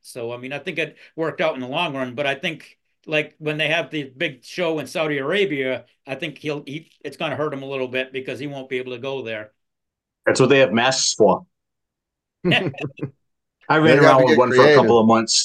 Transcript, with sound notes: So I mean, I think it worked out in the long run, but I think like when they have the big show in Saudi Arabia, I think it's going to hurt him a little bit because he won't be able to go there.
That's what they have massed for. (laughing) I ran around with one couple of months.